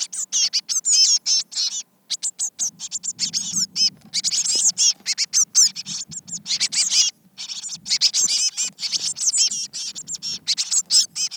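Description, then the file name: Eurasian blue tit calls, a near-constant stream of high, thin twittering chirps, with a soft low rustle running beneath most of it. "Cyanistes caeruleus"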